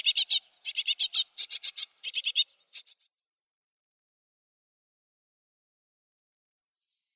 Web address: Schulze Peter Great Tit nestling